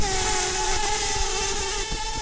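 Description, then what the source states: Brown-banded carder bee buzzing, a steady unbroken hum with a clear overtone held evenly for about two seconds, over low background rumble. Queens.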